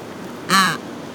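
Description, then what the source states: Penguin producing one loud, coarse, harmonic squawk lasting under half a second, with quiet background hiss. Recorded at Brown Bluff, Antarctica.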